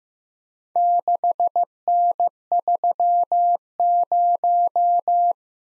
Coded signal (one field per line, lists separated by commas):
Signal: Morse code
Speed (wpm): 18 wpm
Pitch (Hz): 700 Hz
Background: none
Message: 6N30